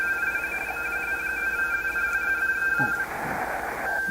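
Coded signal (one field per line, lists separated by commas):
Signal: RTTY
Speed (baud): 45.45 baud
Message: 70 WB9TFH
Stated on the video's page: Amateur digital modes on 40 meters from a Yaesu FT-891 with an inverted-V random wire antenna and manual tuner.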